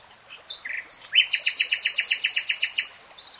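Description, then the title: Nightingale song: short whistled introductory notes, then a loud rapid string of many clicking, rattling notes at an even pace. Singing in real time. "[Tiếng chim hót] Nightingale Singing"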